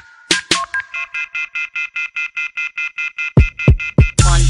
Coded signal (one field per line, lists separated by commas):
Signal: telephone call progress tone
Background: music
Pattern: off-hook warning tone